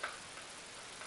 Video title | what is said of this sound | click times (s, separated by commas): Visible V8 Assembly Part 4 Oct 9 2011 | just snaps into place now | 0.0 s